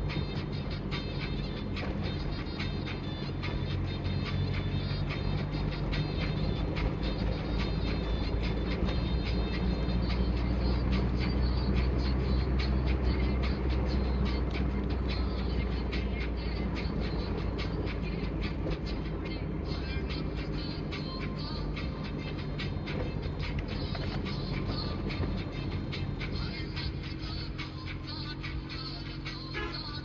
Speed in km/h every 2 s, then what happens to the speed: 30, 31, 35, 38, 40, 42, 40, 37, 35, 33, 31, 26, 15, 0, 0.
0-10 speeds up to 42. 10-26 slows to 0. 26-30 standing.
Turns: none.